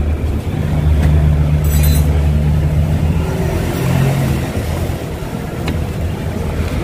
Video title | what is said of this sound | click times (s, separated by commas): MITSUBISHI ADVENTURE 1998 MODEL, Headlight Problem, Paano ito gagawin? | kapag tumunog guys ibig sabihin na naglock na Yano | 5.7 s